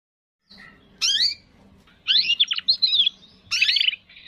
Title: Kenari Gacor Cengkok Terbaik Isian Paling Mewah